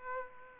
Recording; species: mosquito wingbeat signal from an infrared sensor; Aedes aegypti